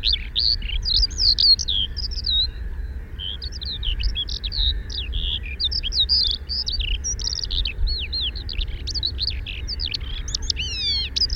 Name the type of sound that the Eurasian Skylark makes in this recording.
song